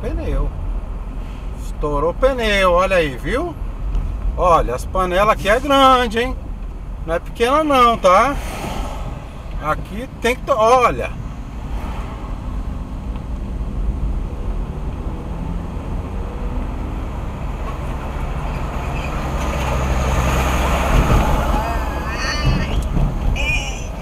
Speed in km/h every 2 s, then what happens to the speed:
31, 30, 26, 22, 21, 18, 21, 31, 41, 45, 47, 36.
0-11 slows to 18. 11-19 speeds up to 47. 20-24 brakes to 36.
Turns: none.